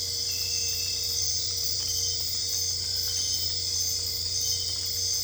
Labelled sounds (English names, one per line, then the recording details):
none
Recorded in dense forest near Puerto Asís, Putumayo, Colombia, on 22 December 2024 at 23:00
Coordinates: 0.485, -76.318
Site GP03